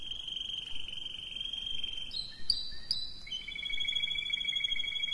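Canary-type song of long, steady whistled tones that shift pitch, with a couple of sharp clicks in the middle.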